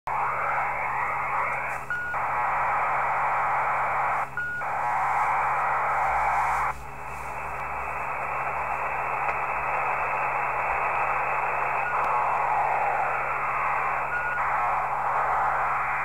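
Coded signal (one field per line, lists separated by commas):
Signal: ACARS aircraft data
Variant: HFDL PSK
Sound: steady wideband hissing data bursts with brief pauses and short tone preambles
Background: radio static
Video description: Decoding HF ACARS transmissions using Sorcerer decoder in PSK mode, ARINC 635 for HFDL.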